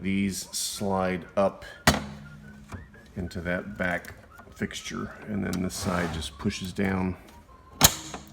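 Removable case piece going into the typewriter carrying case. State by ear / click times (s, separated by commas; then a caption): seated / 7.9 s. Someone talks while the removable piece of a Brother Signature 510 typewriter's carrying case is slid up into the back fixture, and then the other side is pushed down. At 7.8 s the piece locks into place with one sharp click, seated in the carrying case.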